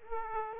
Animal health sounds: mosquito wingbeat signal from an infrared sensor; Aedes aegypti

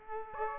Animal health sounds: mosquito wingbeat signal from an infrared sensor; Aedes aegypti

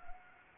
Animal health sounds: mosquito wingbeat signal from an infrared sensor; Anopheles arabiensis

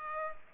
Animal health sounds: mosquito wingbeat signal from an infrared sensor; Culex pipiens

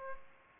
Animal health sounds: mosquito wingbeat signal from an infrared sensor; Aedes aegypti

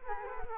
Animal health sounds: mosquito wingbeat signal from an infrared sensor; Culex quinquefasciatus

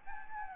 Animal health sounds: mosquito wingbeat signal from an infrared sensor; Aedes albopictus

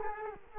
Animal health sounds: mosquito wingbeat signal from an infrared sensor; Culex quinquefasciatus

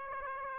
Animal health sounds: mosquito wingbeat signal from an infrared sensor; Aedes aegypti

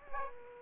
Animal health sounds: mosquito wingbeat signal from an infrared sensor; Aedes aegypti

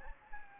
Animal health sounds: mosquito wingbeat signal from an infrared sensor; Anopheles gambiae

